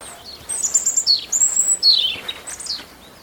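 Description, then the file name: European robin song: a continuous short phrase of high, clear whistles and downward-sweeping notes, thin and liquid. "Erithacus rubecula"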